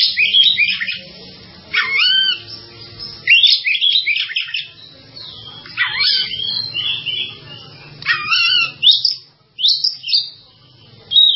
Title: kicau gelatik